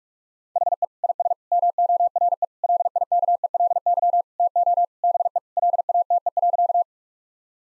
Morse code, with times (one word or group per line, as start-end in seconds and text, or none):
0.6-0.8 HE
1.0-1.3 IS
1.5-2.4 MORE
2.6-4.2 LIKELY
4.4-4.8 TO
5.0-5.4 BE
5.6-6.8 LATE.